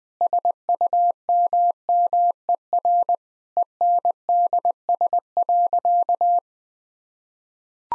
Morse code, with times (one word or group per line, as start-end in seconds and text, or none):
0.2-3.1 SUMMER
3.6-6.4 ENDS.